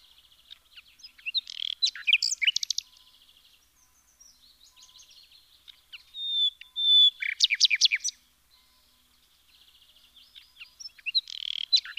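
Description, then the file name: Common nightingale song: bursts of rapid, sharp repeated notes and a pure whistle, separated by quieter twittering passages and short pauses. "Luscinia megarhynchos"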